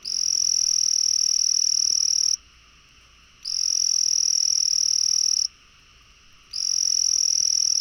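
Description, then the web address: Frog calling in long, high-pitched trills of about two seconds each, separated by pauses of roughly a second. Three trills follow in a steady rhythm. "frog rec 150520"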